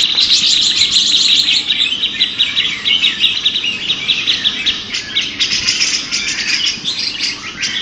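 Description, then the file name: Grey-cheeked bulbul song: bright, rapid chattering and trilled phrases from more than one bird, an unbroken high chorus throughout. Simulated songbird contest recording featuring a trio of birds. "audio simulasi lomba cucak jenggot trio omkicau"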